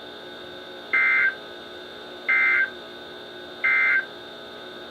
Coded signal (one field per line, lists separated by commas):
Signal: Emergency Alert System (SAME) tones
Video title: EAS #1129-#1135: To the Northeast | KHB36 & KEC83